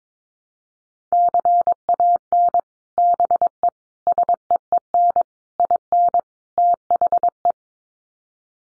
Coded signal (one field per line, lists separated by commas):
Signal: Morse code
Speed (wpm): 22 wpm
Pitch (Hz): 700 Hz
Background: none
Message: CAN BE SEEN IN THE